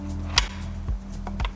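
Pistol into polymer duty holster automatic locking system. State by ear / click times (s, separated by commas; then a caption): seated / 0.4 s. A training pistol is pushed into a polymer Level I duty holster with an automatic locking system. The lock engages with a sharp click at 0.4 s, followed by softer taps and knocks later in the clip. The pistol is seated and secured in the holster.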